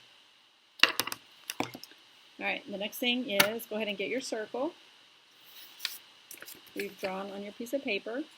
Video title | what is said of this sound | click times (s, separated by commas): Occupational Therapy Virtual Session #8 | press down in the middle until you hear it click | 0.8 s